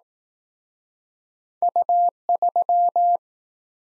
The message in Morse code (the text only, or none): U3